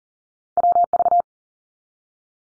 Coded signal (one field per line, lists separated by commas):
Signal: Morse code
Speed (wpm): 40 wpm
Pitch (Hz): 700 Hz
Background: none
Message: WV